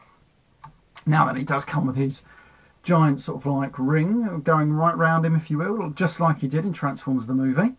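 A plastic missile is pushed back into its storage slot on a Transformers Armada Unicron action figure and locks into place with a single clean tick at 0.7 s. Someone then talks for the rest of the clip.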